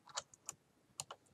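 An SD memory card is pushed all the way into the card slot of a Philips Respironics DreamStation CPAP machine, so it records data accurately. A few short, sharp ticks are heard, with the loudest click at 1.0 s as the card seats fully in the slot.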